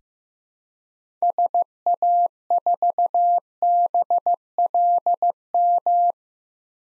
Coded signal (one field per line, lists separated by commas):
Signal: Morse code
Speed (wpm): 15 wpm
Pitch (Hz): 700 Hz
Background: none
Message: SA4BLM